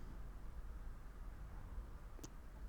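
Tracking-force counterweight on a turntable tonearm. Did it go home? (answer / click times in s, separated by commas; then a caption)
yes / 2.2 s. A tracking-force counterweight on the carbon fiber tonearm of a Pro-Ject Debut Carbon Evo turntable is turned to the 1.8 g mark, the setting suggested for the Ortofon cartridge. Over a steady low background hum, a single soft, bright detent click is heard at 2.2 s. The dial seats in its setting and the tracking force is fine.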